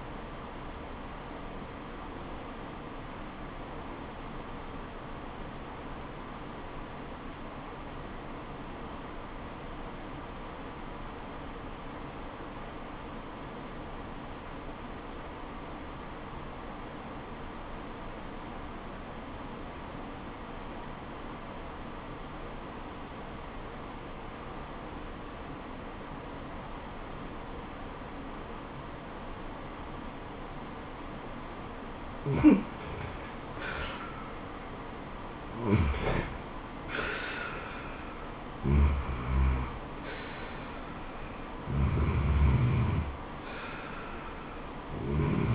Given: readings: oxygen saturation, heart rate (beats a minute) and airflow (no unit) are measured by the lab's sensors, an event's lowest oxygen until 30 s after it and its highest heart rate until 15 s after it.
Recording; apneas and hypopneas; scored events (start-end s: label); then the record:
breathing in sleep by a voice recorder at the bedside; 1
3.00-33.90 s: obstructive apnea (REM, oxygen 97% highest, then 82% lowest, heart rate 73 at the start, 80 highest)
From the record:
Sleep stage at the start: REM sleep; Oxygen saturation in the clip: 82 to 97%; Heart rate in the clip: 67 to 80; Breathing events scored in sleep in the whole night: 426 in 7.4 hours asleep